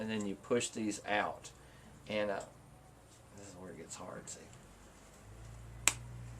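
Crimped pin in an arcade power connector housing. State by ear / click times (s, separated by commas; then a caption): released / 5.9 s. A pin extraction tool is pushed into an arcade power connector housing to press the retaining tabs in and release a crimped pin while someone talks. A single sharp snap at 5.9 s marks the pin snapping free of the housing, released.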